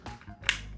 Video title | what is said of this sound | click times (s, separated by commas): Next Level MagSafe with Speck ClickLock for iPhone 15... | and you can hear it snap one more time just for emphasis | 0.5 s